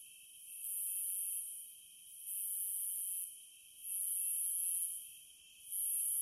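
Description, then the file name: Cicada song in evenly spaced surges of high, hissing buzz, four in a row, layered over an unbroken lower whine. "Zvuki prirody Cikady"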